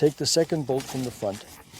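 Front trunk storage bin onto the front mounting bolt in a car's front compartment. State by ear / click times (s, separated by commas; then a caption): not seated / none. A plastic frunk storage bin is being handled in the front compartment of a small car (e-up!, Citigo or Mii), about to be pressed onto its second mounting point at the front bolt. Someone talks throughout, with a brief faint sound at the very end around 1.8 s. Nothing has seated or clicked yet.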